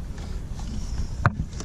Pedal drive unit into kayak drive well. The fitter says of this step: we locked into place so